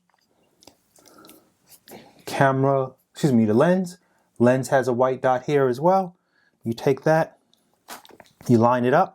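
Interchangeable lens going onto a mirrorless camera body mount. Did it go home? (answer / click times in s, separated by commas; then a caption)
no / none. An interchangeable lens is handled before being mounted onto a Canon M50 Mark II mirrorless camera body, with faint handling noises as the body cap is removed and the lens, marked with a white dot, is picked up. Someone talks throughout. The lens has not yet been lined up or clicked into the mount.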